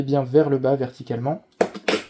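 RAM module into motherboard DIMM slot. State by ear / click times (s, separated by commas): seated / 1.6 s, 1.9 s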